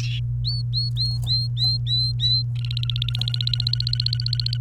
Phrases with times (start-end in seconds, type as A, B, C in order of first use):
0.45-2.42 A, 2.55-4.57 B